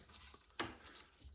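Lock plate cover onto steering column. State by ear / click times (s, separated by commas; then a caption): not seated / none. A lock plate cover is handled and pressed toward a restored GM/Saginaw steering column during reassembly, where it is meant to snap into place. Quiet handling and rubbing sounds are heard, with a few brief taps, the strongest near 0.6 s. The cover has not seated or clicked yet when the clip ends.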